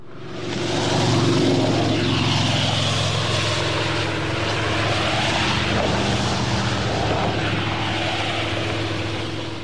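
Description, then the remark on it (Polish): A car drives for a few minutes through Sopot, Poland, to the main entrance of the Sopot hippodrome, with a steady, unbroken engine drone, low humming tones under a broad rush of road noise, holding an even loudness throughout with no talking. “Przejechaliśmy samochodem kilka minut i jesteśmy w trzecim non-stopie.”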